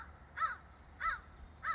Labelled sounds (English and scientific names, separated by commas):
American Crow (Corvus brachyrhynchos)